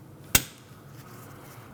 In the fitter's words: Listen for the click.